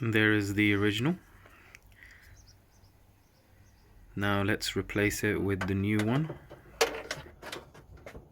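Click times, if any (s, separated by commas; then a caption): 6.8 s. Someone talks while a new plastic tailgate handle with a built-in reversing camera is pressed into the tailgate opening of a Škoda Superb. A sharp click at 6.8 s is followed by a few smaller knocks. The handle camera unit clicks into place and is seated.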